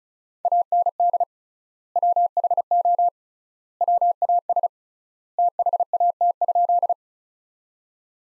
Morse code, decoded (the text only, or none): AND WHO WAS THAT?